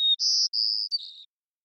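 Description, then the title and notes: White-crowned sparrow song fragment: whistled note leading into two loud buzzy trills and a falling, fading buzzy ending. Long performance of repeated song in the Pacific Northwest, Washington, United States; parabolic microphone. "White-crowned Sparrow, Zonotrichia leucophrys, long performance with repeated song, parabolic recording. Recorded in the beautiful Pacific Northwest, Washington, United States"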